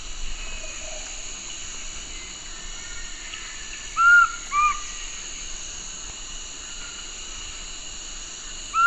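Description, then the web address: Large-headed flatbill giving two short whistled notes about half a second apart, then a third note at the very end. Recorded in Ecuador. "S America Birds of Ecuador. Large-headed Flatbill"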